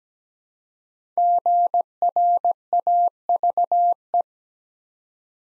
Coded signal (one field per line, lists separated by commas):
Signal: Morse code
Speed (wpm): 17 wpm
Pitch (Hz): 700 Hz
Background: none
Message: GRAVE